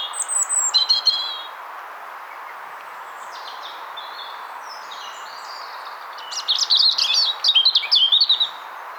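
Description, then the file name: European robin song: a high, thin warbled phrase, a few fainter notes, then a longer twittering, trilled phrase, over a steady hiss. "Erithacus rubecula"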